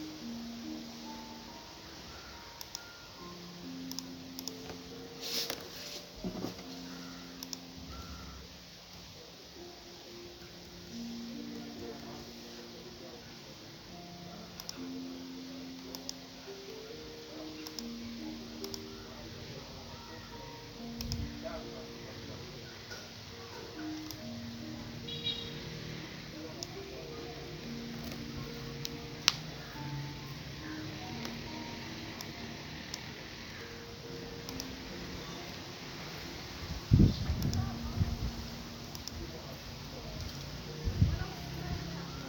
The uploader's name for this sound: Mornings at Oleza Restaurant